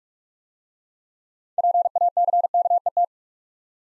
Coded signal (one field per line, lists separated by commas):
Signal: Morse code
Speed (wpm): 44 wpm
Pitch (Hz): 700 Hz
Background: none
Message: PACKET